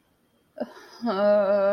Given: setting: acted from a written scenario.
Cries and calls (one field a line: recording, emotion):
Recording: vocal sound without words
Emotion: guilt